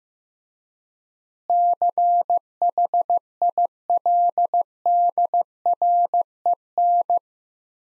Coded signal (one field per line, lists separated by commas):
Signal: Morse code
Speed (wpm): 15 wpm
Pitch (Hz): 700 Hz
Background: none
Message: CHILDREN